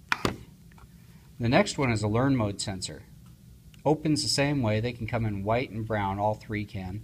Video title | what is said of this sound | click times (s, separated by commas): How to Replace Door/Window Sensors Batteries in ITI, GE & Interlogix. Part # NX-650N & Older | so you put the slot in on this side and squeeze it down until it snaps in place on the other side | 0.1 s